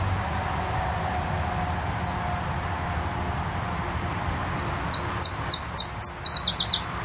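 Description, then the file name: Iberian chiffchaff song: three thin downslurred whistles spaced apart, then a quick series of sharp high notes ending in a fast dry trill, over steady low background rumble. "iberischer zilpzalp"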